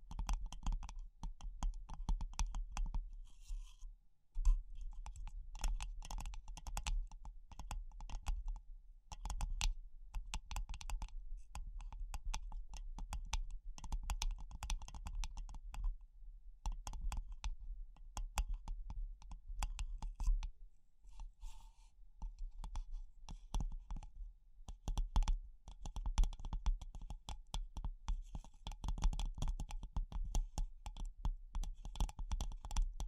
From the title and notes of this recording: ASMR Pure Tapping Fast and Slow (No Talking).